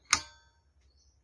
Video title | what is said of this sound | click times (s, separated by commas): Unboxing a new Makita circular saw | hear it click just | 0.1 s